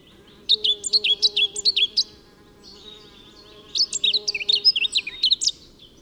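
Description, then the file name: Crimson-browed finch giving two bursts of quick, high, sharp chirping notes, separated by a pause, with a faint low hum in the background. "Rhododendrongimpel - Carpodacus subhimachalus"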